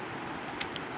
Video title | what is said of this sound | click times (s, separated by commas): How to Set up Anycubic Kobra 3 Combo! | you can hear a nice little click | 0.6 s, 0.8 s